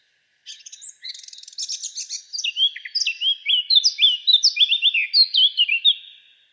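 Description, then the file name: Eurasian blackcap song: a soft, scratchy chattering opening that swells into loud, clear fluting whistles before fading out. "Sylvia atricapilla"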